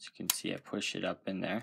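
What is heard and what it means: A plastic brick piece that holds the magazine clip is pushed up into the body of a brick-built toy gun mechanism while someone talks. Nothing has seated or clicked yet; the part is still short of home.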